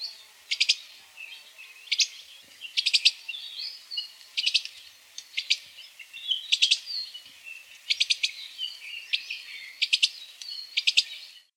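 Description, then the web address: Akikiki juvenile food begging calls: repeated short staccato bursts of high clicking notes, Morse code-like, with softer chirps between. Kauai; juvenile food begging call, staccato and Morse code-like. "Voices Kauai. Akikiki"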